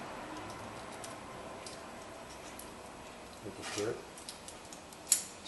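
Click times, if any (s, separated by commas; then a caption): 5.1 s. The previously disconnected brake pad wear sensor plug is pushed back into its wiring harness connector on the front brakes of a 2012 Audi Q5. Over a low steady background and brief talk, a few small ticks come at about 4.3, 4.5 and 4.7 seconds, then a sharp snap at 5.1 seconds. The plug is confirmed seated in the harness.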